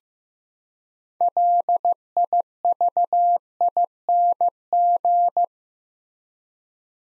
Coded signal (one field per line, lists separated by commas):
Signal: Morse code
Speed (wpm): 15 wpm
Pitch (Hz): 700 Hz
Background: none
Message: LIVING